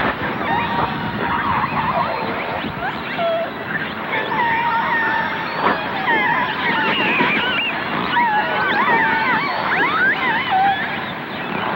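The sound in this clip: Whale calls: a busy chorus of warbling whistles, looping squeals and short chirps, overlapping throughout against a constant rushing background.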